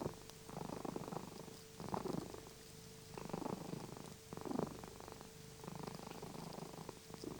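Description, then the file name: Cat purr, deep and buzzy, pulsing in waves over a faint constant hum. Recorded 26 January 2021. "cat purring"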